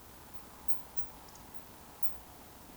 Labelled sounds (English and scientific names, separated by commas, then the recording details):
Eurasian Woodcock (Scolopax rusticola) whistle
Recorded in Baden-Württemberg, Germany, on 11 June 2020 at 20:39 UTC
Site 14569, 102 m above sea level